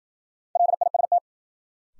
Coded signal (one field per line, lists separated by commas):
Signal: Morse code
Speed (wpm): 53 wpm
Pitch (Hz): 700 Hz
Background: none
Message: LIST